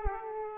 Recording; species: mosquito wingbeat signal from an infrared sensor; Aedes aegypti